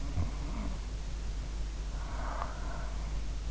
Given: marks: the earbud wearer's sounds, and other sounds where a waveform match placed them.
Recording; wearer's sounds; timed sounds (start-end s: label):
sounds in sleep by an in-ear microphone; snoring breath
0.04-3.32 s: snoring breath